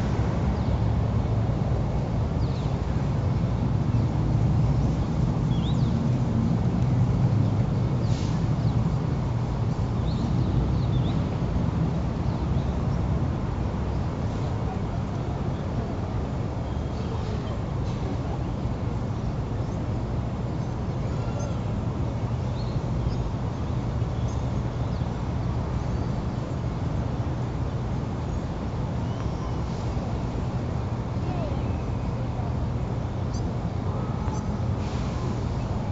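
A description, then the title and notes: Outdoor sounds at a campus plaza on a winter afternoon: a steady low traffic hum fills the whole stretch without pause. Faint voices and scattered small clicks and knocks surface now and then, with a slightly busier rumble in the first ten seconds. Each segment is layered on the other to "compress" the recording into a total of 5 minutes. A total of 12 tracks were produced and layered. Minimal mixing and no effects. Recording of sounds at the Cannon plaza at Pratt Institute on February 24, 2017 between 3:30 and 4:40pm.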